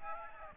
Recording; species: mosquito wingbeat signal from an infrared sensor; Aedes aegypti